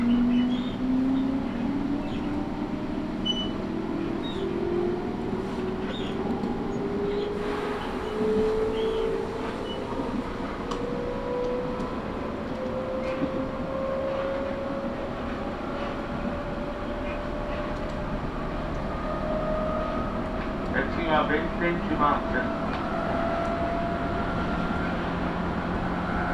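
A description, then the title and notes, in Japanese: A train ride on the Tokaido Line between Hamamatsu and Toyohashi, filled with a steady low rumble of wheels on track. A motor tone climbs slowly in pitch throughout as the train gathers speed, with faint clicks and brief murmurs of voices around twenty seconds. 東海道本線 浜松→豊橋。6:20発の豊橋行きに乗車して。多少は通勤通学ラッシュにも入りこみます。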